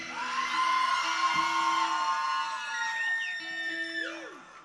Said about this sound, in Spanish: ¿Quién es la persona que va a hacer el alarido más bestial esta tarde de hoy? A la cuenta de tres. Una, dos.